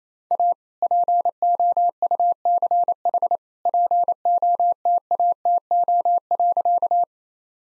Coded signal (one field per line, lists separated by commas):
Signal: Morse code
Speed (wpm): 27 wpm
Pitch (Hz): 700 Hz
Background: none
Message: A POUCH POTATO.